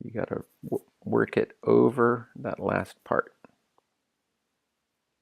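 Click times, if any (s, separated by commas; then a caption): none. Someone talks while the last section of a bicycle tire bead is worked by hand over the wheel rim. Speech fills the first 3.3 seconds, followed by a faint short tick at 3.8 s and then silence. The bead has not popped into place on the rim yet, and nothing has seated.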